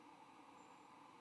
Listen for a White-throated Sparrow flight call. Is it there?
no